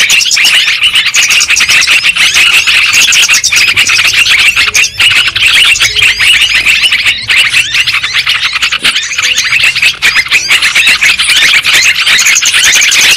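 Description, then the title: Lovebirds chattering: dense, shrill, squeaky chirps overlapping without pause, a continuous high-pitched flock chorus throughout. Lure recording of lovebird calls, used to attract birds for trapping. "PIKAT BURUNG LOVEBIRD"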